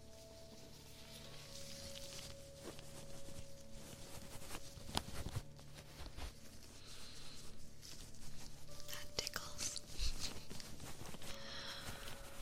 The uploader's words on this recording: ASMR Ear Massage Treatment Twitch Roleplay.